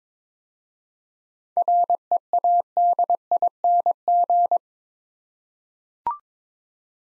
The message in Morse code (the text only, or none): READING